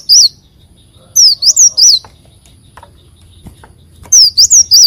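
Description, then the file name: Leafbird calls: high, slurred whistled notes, a single one and then two groups of four, separated by a couple of seconds of near silence. "Tieng chim xanh tim"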